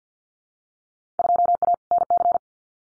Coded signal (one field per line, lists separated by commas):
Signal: Morse code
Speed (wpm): 50 wpm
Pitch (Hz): 700 Hz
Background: none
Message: 2A NC